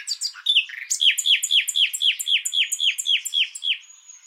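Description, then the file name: Common nightingale rapidly repeating a sharp, downward-sweeping note, loud and steady, fading out at the end. "Luscinia megarhynchos"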